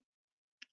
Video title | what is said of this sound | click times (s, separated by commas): Fiber Guy Friday with Jesse Madison – PST #050 | It clicks into place. There's no spinning and locking like the ST. | 0.6 s